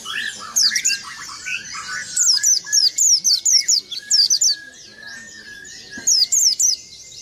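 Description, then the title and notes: White-eye song: fast runs of high, downward-sweeping chirps in a lively series, with a lower whistled note and background twittering. "Burung Peci. pleci"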